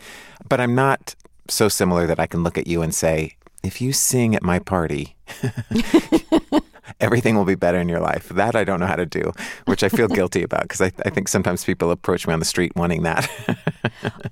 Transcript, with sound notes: But I'm not so similar that I can look at you and say, if you sing at my party...
(LAUGHTER)
...Everything will be better in your life. That I don't know how to do, which I feel guilty about 'cause I think sometimes people approach me on the street wanting that.